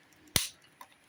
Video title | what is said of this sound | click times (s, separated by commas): How to open an Xbox series X/S controller and repair analogue stick. | and those snaps that you hear are the clips coming off | 0.4 s, 0.8 s